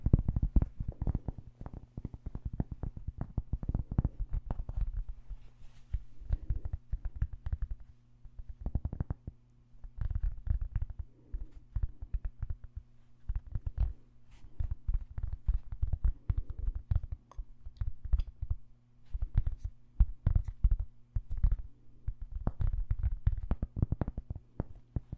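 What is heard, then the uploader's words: Tapping runs through the whole clip in quick, uneven bursts of soft, dull knocks with only brief pauses. The taps cluster thickly at times, and a faint steady low hum sits underneath throughout. ASMR Extra Tingly Tapping No Talking.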